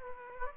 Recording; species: mosquito wingbeat signal from an infrared sensor; Aedes aegypti